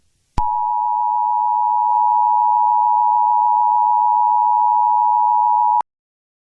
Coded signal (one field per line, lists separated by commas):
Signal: Emergency Alert System (SAME) tones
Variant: 853 and 960 Hz attention tone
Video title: EAS Scenario- The American Riots